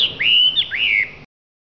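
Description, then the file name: Hwamei giving a short, loud whistled phrase: two long slurred notes, the second rising then falling. Singing in a lively, vigorous style called gacor. "audio hwamei gacor. omkicau"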